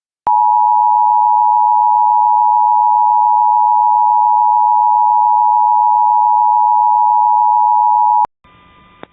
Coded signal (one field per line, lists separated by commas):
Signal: Emergency Alert System (SAME) tones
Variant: 853 and 960 Hz attention tone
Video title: EAS Child Abduction Emergency (AMBER Alert) Sanford, North Carolina Statewide (Raleigh Area)